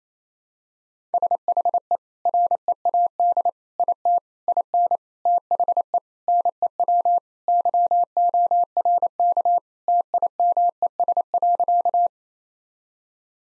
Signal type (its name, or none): Morse code